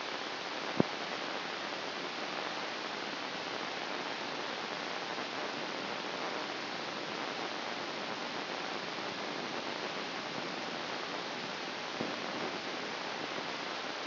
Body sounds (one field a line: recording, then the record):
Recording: brain microelectrode recording played as sound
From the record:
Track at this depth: inside the subthalamic nucleus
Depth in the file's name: 6.532 mm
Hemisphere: right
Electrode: 2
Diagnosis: Parkinson's disease